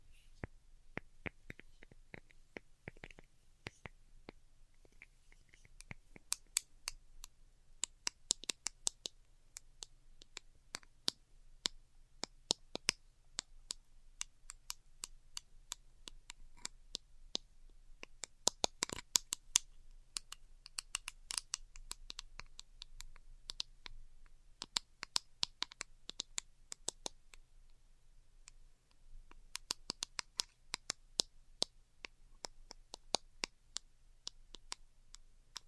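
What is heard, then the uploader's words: Delicate tapping in quick, irregular bursts of crisp clicks, bright, with short pauses between flurries. The taps cluster densely around the middle and again near the end. A faint low hum sits steadily underneath. ASMR DELICATE Tapping for Sleep (No Talking).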